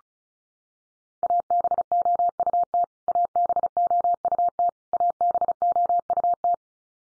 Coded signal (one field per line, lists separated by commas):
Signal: Morse code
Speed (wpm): 34 wpm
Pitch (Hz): 700 Hz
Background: none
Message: ABOUT ABOUT ABOUT